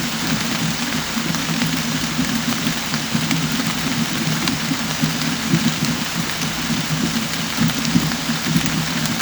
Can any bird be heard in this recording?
no